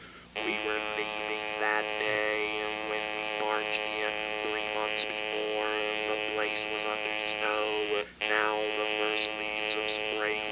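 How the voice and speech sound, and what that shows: Steady mechanical buzz on one flat pitch with intelligible words: electrolarynx speech, the artificial voice used after laryngectomy, with the device held against the throat.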